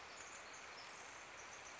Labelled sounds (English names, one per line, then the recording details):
Pacific Wren
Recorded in Sonoma County, California